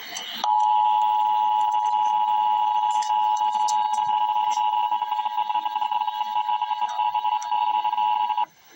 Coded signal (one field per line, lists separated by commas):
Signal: Emergency Alert System (SAME) tones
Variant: 853 and 960 Hz attention tone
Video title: Emergency Alert System - Heat Advisory - Aug 26, 2024 at 2:47 PM EDT